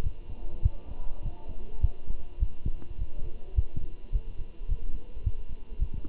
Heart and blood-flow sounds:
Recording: heart sounds by stethoscope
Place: between the tricuspid and mitral areas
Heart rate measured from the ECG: 104 bpm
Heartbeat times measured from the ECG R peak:
0.03 s: heartbeat
0.63 s: heartbeat
1.23 s: heartbeat
1.82 s: heartbeat
2.40 s: heartbeat
2.99 s: heartbeat
3.56 s: heartbeat
4.13 s: heartbeat
4.69 s: heartbeat
5.24 s: heartbeat
5.80 s: heartbeat
From the record:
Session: walking at 3.7 km/h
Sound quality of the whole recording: good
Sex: male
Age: 23 years

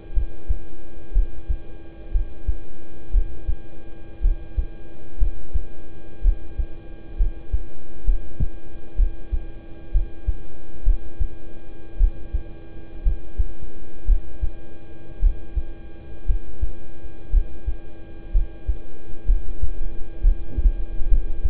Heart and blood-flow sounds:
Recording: heart sounds by stethoscope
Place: between the tricuspid and mitral areas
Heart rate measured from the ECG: 60 bpm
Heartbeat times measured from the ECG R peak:
0.13 s: heartbeat
1.13 s: heartbeat
2.11 s: heartbeat
3.11 s: heartbeat
4.21 s: heartbeat
5.18 s: heartbeat
6.21 s: heartbeat
7.17 s: heartbeat
8.05 s: heartbeat
8.96 s: heartbeat
9.91 s: heartbeat
10.83 s: heartbeat
11.97 s: heartbeat
13.03 s: heartbeat
14.05 s: heartbeat
15.19 s: heartbeat
16.25 s: heartbeat
17.30 s: heartbeat
18.31 s: heartbeat
19.25 s: heartbeat
20.20 s: heartbeat
21.08 s: heartbeat
From the record:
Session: rest, lying down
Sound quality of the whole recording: good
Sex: male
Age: 26 years

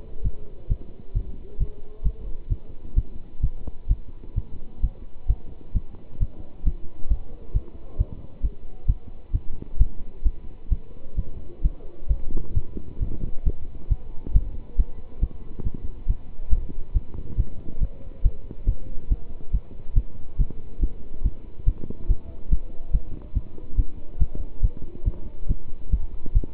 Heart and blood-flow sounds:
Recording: heart sounds by stethoscope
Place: between the tricuspid and mitral areas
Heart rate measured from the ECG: 136 bpm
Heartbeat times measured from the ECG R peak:
0.22 s: heartbeat
0.68 s: heartbeat
1.13 s: heartbeat
1.58 s: heartbeat
2.03 s: heartbeat
2.49 s: heartbeat
2.95 s: heartbeat
3.41 s: heartbeat
3.88 s: heartbeat
4.35 s: heartbeat
4.81 s: heartbeat
5.27 s: heartbeat
5.73 s: heartbeat
6.19 s: heartbeat
6.64 s: heartbeat
7.08 s: heartbeat
7.53 s: heartbeat
7.98 s: heartbeat
8.41 s: heartbeat
8.86 s: heartbeat
9.32 s: heartbeat
9.78 s: heartbeat
10.23 s: heartbeat
10.69 s: heartbeat
11.16 s: heartbeat
11.62 s: heartbeat
12.08 s: heartbeat
12.54 s: heartbeat
12.99 s: heartbeat
13.44 s: heartbeat
13.89 s: heartbeat
14.33 s: heartbeat
14.76 s: heartbeat
15.20 s: heartbeat
15.64 s: heartbeat
16.07 s: heartbeat
16.50 s: heartbeat
16.93 s: heartbeat
17.36 s: heartbeat
17.79 s: heartbeat
18.23 s: heartbeat
18.66 s: heartbeat
19.09 s: heartbeat
19.51 s: heartbeat
19.95 s: heartbeat
20.38 s: heartbeat
20.80 s: heartbeat
21.22 s: heartbeat
21.65 s: heartbeat
22.08 s: heartbeat
22.49 s: heartbeat
22.92 s: heartbeat
23.34 s: heartbeat
23.76 s: heartbeat
24.18 s: heartbeat
24.61 s: heartbeat
25.04 s: heartbeat
25.47 s: heartbeat
25.90 s: heartbeat
26.33 s: heartbeat
From the record:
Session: pedaling a stationary bicycle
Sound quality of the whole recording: good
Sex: male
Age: 27 years

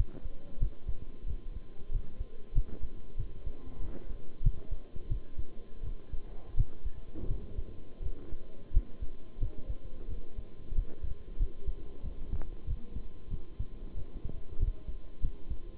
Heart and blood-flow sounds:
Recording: heart sounds by stethoscope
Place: between the tricuspid and mitral areas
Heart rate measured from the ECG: 90 bpm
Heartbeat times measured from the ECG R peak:
0.59 s: heartbeat
1.26 s: heartbeat
1.91 s: heartbeat
2.54 s: heartbeat
3.17 s: heartbeat
3.80 s: heartbeat
4.43 s: heartbeat
5.09 s: heartbeat
5.83 s: heartbeat
6.56 s: heartbeat
7.28 s: heartbeat
8.02 s: heartbeat
8.73 s: heartbeat
9.40 s: heartbeat
10.08 s: heartbeat
10.74 s: heartbeat
11.38 s: heartbeat
12.03 s: heartbeat
12.66 s: heartbeat
13.30 s: heartbeat
13.95 s: heartbeat
14.59 s: heartbeat
15.22 s: heartbeat
From the record:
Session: bicycle stress test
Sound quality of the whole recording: good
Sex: male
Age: 23 years

